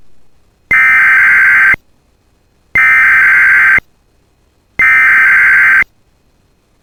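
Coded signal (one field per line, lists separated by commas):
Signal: Emergency Alert System (SAME) tones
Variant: header bursts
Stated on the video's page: EAS alerts from a Minnesota statewide tornado drill, evening drill, compiled.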